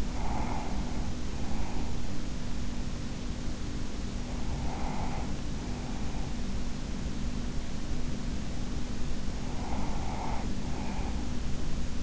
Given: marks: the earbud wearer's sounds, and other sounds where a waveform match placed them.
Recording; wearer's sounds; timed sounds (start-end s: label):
sounds in sleep by an in-ear microphone; breath
0.00-2.32 s: breath
4.26-7.04 s: breath
8.98-12.02 s: breath